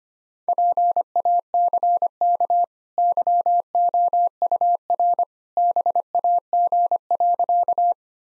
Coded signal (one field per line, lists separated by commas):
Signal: Morse code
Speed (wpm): 25 wpm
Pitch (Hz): 700 Hz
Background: none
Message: PACK YOUR BAG.